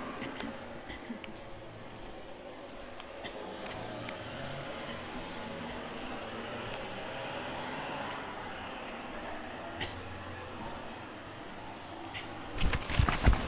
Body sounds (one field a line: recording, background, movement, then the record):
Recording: throat clearing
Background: traffic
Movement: walking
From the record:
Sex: female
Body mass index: 25.5 kg/m2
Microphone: on the chest, facing the body